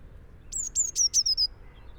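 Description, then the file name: Eurasian blue tit calling: a quick run of about five high, thin, slightly descending notes, each with a sharp click-like onset, over faint background hiss. "Cyanistes caeruleus"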